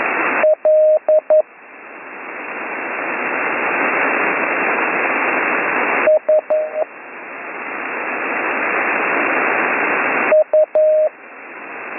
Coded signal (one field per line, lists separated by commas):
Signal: Morse code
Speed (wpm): 11 wpm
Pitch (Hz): 620 Hz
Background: radio noise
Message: L S U